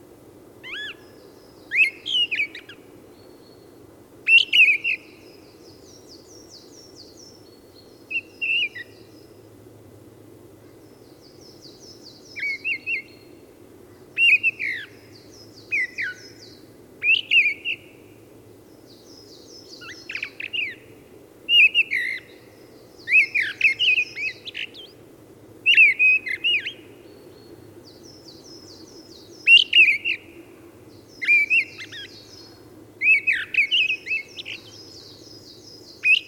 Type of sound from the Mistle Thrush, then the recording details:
song. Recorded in the wild. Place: Hanshagen, Mecklenburg-Vorpommern, DE. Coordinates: 53.805, 11.149. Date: 1975-03-22. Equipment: Nagra III BH, Sennheiser MD 21, parabola. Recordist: Schubert, Michael